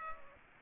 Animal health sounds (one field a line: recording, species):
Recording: mosquito wingbeat signal from an infrared sensor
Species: Culex pipiens